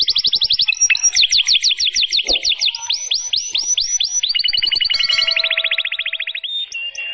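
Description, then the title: Atlantic canary singing a continuous chain of rolled trills, sweeping notes repeated several times a second, shifting to a faster, lower trill near the end. Long, lively canary song presented as a lure and tutoring recording for wild canaries. "Pikat Kenari GACOR PANJANG INI Cocok Untuk Masteran KENARI LIAR"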